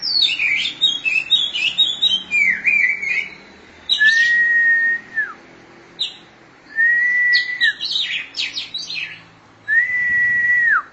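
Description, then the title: Oriental magpie-robin song mixing quick twittering phrases with three long, clear, level whistles, each ending in a brief downward slur. "Suara Kicauan Burung Kacer"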